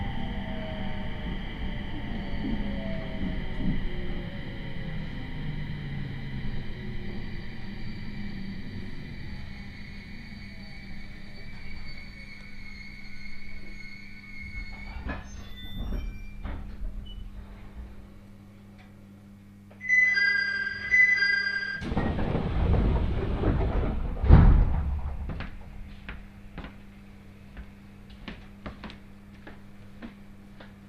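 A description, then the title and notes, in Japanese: A train journey on a Japanese main line, heard from inside the car. A steady low rumble with a high whine fades as the train slows, then clicks and squeals follow near 15 and 20 seconds, and a louder burst of rolling noise and air around 22 to 25 seconds. 6:00発の始発列車小牛田行きに乗車します。701系の4両編成、仙台から離れていくのでそれほど混雑はありません。駅間も長く山をトンネルで抜けていったりするのであまり眺めを楽しむ時間はありません。鉄道旅 東北本線 仙台→小牛田。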